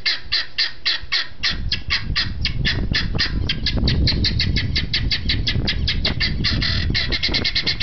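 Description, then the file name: Helmeted guineafowl giving a long, steady run of harsh, grating kek notes over a low rumble that starts after about a second. "canto da galinha da angola"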